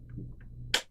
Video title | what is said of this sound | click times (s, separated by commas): "WHAT TO" RELOADING SERIES VIDEO 2 RESIZING | it in there again you hear it click sometimes there's a set screw on this | 0.7 s